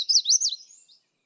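Magnolia warbler song fragment, about a second of high, looping whistled notes that fade into a thin, softer ending.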